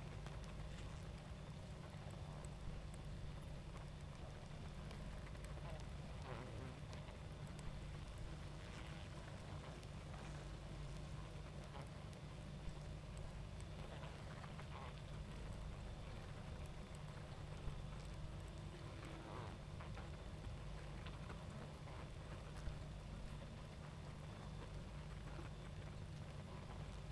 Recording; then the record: honeybee colony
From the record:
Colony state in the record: active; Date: 28 July 2017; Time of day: 21:28